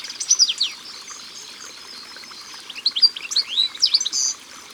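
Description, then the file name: European goldfinch song, two bursts of bright, tinkling high twitters and slurred chirps, separated by a quiet pause, over a faint steady background hiss. Recorded by the water. "Chardonneret elegant Au bord de leau"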